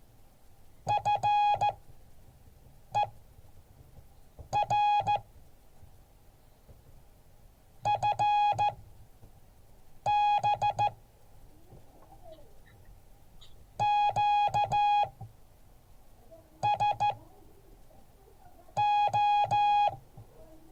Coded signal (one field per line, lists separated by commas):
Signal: Morse code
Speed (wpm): 14 wpm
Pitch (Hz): 830 Hz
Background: music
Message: FER FB QSO